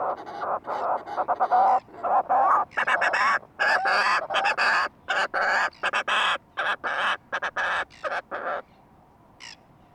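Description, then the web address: Fulmar prion calls: harsh, buzzy croaking bursts in rapid uneven series, with brief pauses between runs. "sound fulmar-prion. صدای-پرنده-پریان-بدبو"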